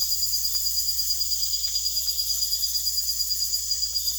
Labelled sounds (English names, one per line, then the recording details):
none
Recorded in secondary vegetation near Puerto Asís, Putumayo, Colombia, on 26 December 2024 at 04:00
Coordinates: 0.488, -76.319
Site GP04